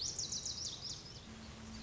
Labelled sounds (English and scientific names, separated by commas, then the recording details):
Lazuli Bunting (Passerina amoena)
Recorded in Sonoma County, California